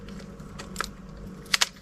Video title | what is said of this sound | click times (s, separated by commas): My First Backpacking Trip Ever - 28 Miles at Pictured Rocks National Lakeshore | Literally let everything pop into place. | 1.5 s, 1.6 s